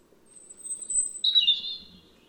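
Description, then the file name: European robin giving a long, very high thin whistle followed by a short, fluttering warbled flourish. "Erithacus rubecula"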